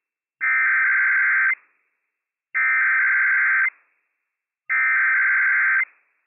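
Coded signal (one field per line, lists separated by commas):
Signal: Emergency Alert System (SAME) tones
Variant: header bursts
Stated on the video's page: Operational EAS tones of a required weekly test issued by county emergency management for three Washington counties.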